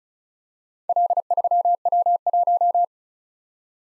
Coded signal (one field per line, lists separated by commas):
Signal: Morse code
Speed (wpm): 36 wpm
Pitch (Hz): 700 Hz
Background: none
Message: L3W1